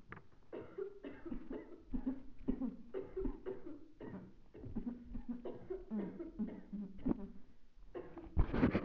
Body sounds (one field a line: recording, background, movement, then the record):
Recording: throat clearing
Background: a bystander coughing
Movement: sitting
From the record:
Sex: female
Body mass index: 36.4 kg/m2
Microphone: on the chest, facing the body